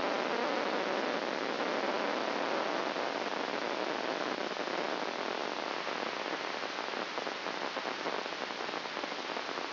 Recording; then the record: brain microelectrode recording played as sound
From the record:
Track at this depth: inside the subthalamic nucleus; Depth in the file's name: 2.804 mm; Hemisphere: right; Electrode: 2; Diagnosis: Parkinson's disease